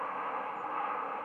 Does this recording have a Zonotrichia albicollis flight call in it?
no